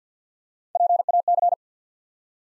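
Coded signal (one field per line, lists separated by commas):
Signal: Morse code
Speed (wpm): 52 wpm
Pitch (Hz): 700 Hz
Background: none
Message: PAC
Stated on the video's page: Head-copy drill of ARRL Sections used in Field Day contest exchanges, sent at 50 wpm, spoken, then sent again.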